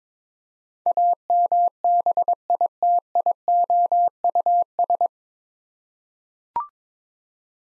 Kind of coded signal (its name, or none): Morse code